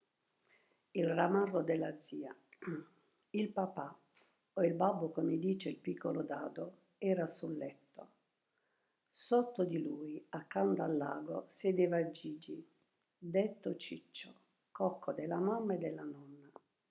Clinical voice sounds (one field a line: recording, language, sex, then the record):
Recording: read passage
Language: Italian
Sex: female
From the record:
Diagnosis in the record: healthy control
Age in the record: 72 years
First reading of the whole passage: 67 s, 7.5 characters per second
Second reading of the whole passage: 67 s, 7.5 characters per second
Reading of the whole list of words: 68 s, 4.2 characters per second